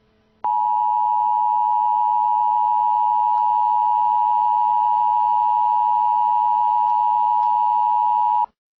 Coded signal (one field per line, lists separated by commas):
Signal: Emergency Alert System (SAME) tones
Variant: 853 and 960 Hz attention tone